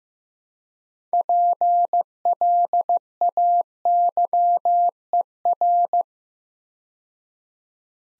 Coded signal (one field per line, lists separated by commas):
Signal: Morse code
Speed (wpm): 15 wpm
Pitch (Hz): 700 Hz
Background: none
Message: PLAYER